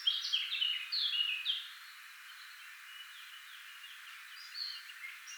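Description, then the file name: Eurasian blackcap song: a brief burst of varied warbled notes at the start, then faint scattered notes over steady background hiss. "Sylvia atricapilla"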